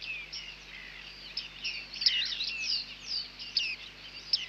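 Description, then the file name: Bearded reedling twittering, a dense run of quick high chirps and slurred notes, overlapping continuously throughout, with low background hum. "Bearded Tit (Panurus biarmicus)"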